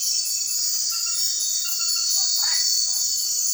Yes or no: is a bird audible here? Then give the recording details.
no. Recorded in secondary vegetation near Puerto Asís, Putumayo, Colombia, on 12 March 2025 at 22:30. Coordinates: 0.499, -76.323. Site G094